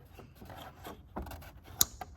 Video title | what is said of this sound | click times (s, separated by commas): I am not so bright! | did you hear that click and I felt it that's your little locking tab let me show you on this side | 1.8 s